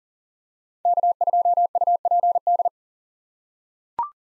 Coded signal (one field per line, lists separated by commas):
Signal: Morse code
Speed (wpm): 40 wpm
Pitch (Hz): 700 Hz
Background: none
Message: K2UPD